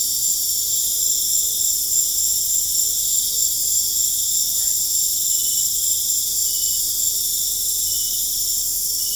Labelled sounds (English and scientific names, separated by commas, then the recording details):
none
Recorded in pastures near Puerto Asís, Putumayo, Colombia, on 26 December 2024 at 21:30
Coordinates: 0.496, -76.326
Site G004